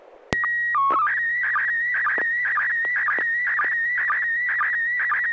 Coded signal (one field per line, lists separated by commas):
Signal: SSTV (slow-scan television)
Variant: PD 120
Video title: N6NA SSTV Net - 09/01/2021